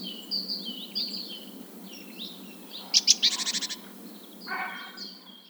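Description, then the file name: Great tit short burst of rapid buzzy churring notes, then a lower harsh rasp, with slurred whistles in the background. "Parus major"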